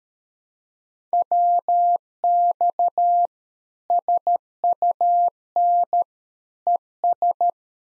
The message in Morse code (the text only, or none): WX SUN ES